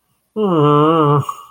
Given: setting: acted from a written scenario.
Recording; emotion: vocal sound without words; disappointment